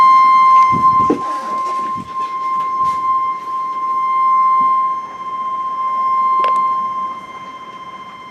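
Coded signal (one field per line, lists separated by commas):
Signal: Emergency Alert System (SAME) tones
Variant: 1050 Hz attention tone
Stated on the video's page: Flash Flood Warning tones received from NOAA Weather Radio stations KEC56, KHA99 and WXK22.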